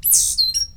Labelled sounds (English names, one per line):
Stitchbird song